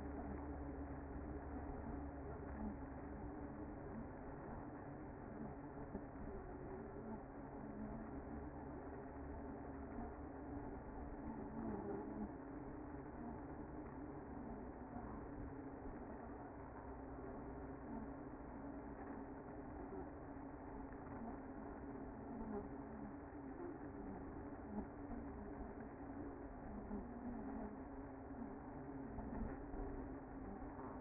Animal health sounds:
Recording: honeybee colony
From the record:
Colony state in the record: active

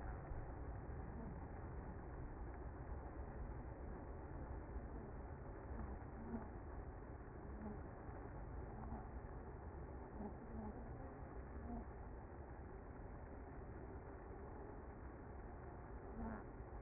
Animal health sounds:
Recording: honeybee colony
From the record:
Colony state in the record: active

